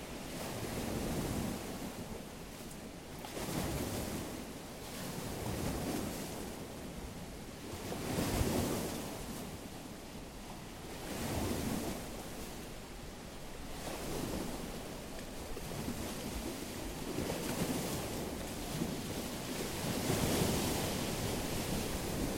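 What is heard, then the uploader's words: Surf on Lake Michigan rolls in as a steady wash, with waves breaking in surges roughly every two to three seconds. Each break brings a low rumble and a hissing spray, and a constant wind-like rush fills the gaps between them. Lake Michigan Surf at Headlands International Dark Sky Park.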